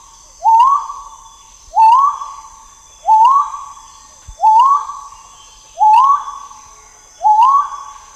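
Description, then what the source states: Great argus repeating its loud, upslurred whistle six times in a steady series, roughly every one and a third seconds, with continuous high hiss in the background. Subspecies grayi, recorded in Malaysia.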